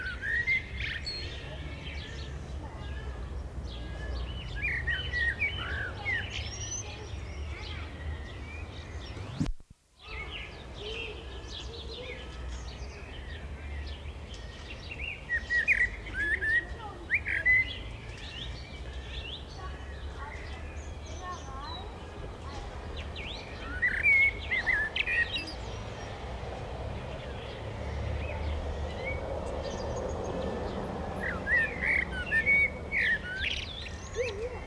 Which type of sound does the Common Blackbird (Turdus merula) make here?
song